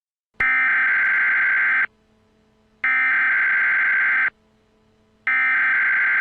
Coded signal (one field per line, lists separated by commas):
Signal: Emergency Alert System (SAME) tones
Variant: header bursts